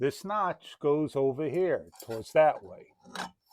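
A ceiling fan body is lined up on the notch of a ceiling mounting bracket so it can twist-lock into place, while someone talks throughout. Faint handling sounds sit between the words, but the clip ends just before the fan body goes home, and nothing has seated or clicked yet.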